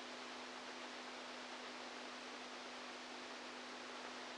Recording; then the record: brain microelectrode recording played as sound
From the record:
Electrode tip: outside the subthalamic nucleus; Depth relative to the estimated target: -8 mm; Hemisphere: right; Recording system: NeuroSet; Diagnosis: Parkinson's disease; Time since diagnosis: 10 years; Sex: male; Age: 65 years